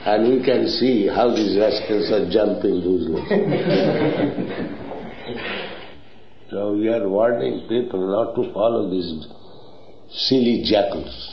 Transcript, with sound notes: And we can see how these rascals are jumping uselessly. [laughter] So we are warning people not to follow these silly jackals.